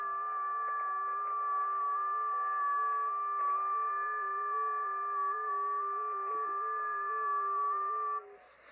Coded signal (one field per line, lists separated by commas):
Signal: FT8